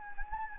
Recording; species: mosquito wingbeat signal from an infrared sensor; Anopheles gambiae